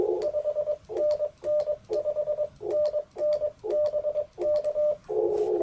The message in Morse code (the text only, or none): 5NN 5NN BK